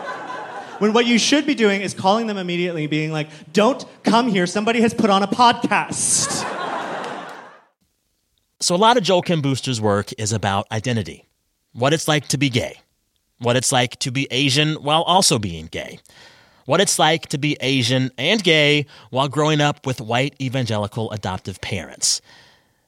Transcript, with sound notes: when what you should be doing is calling them immediately and being like, don't come here. Somebody has put on a podcast.
(LAUGHTER)
So a lot of Joel Kim Booster's work is about identity, what it's like to be gay, what it's like to be Asian while also being gay, what it's like to be Asian and gay while growing up with white evangelical adoptive parents.